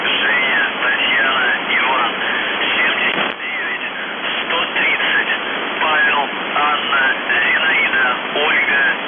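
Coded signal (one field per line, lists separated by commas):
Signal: numbers station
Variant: UVB-76, Russian voice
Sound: a distorted voice speaking through heavy radio hiss, with no buzzer audible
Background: radio static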